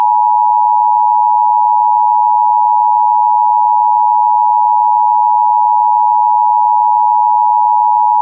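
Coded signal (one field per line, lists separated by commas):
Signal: Emergency Alert System (SAME) tones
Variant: 853 and 960 Hz attention tone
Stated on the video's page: EAS tones in a fictional scenario made with Movie Maker 2012.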